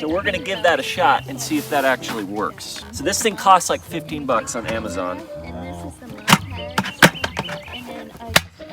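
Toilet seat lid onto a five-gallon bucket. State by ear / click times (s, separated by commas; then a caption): seated / 8.4 s. Someone talks over background music while a plastic bucket-toilet seat and lid is pressed onto the rim of a five-gallon plastic bucket, with a run of sharp plastic knocks from about 6.3 to 7.4 seconds. The seat and lid snap on with a distinct click at 8.4 seconds and are seated.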